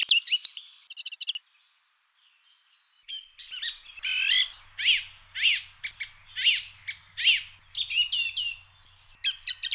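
Bird song: a few sharp high chirps, then a pause, then a series of repeated high notes about every half second mixed with other high notes.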